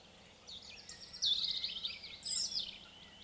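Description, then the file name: European robin song: a quiet start, then two bright bursts of high, sibilant, fluttering notes with quick pitch jumps, separated by a short pause. "Erithacus rubecula"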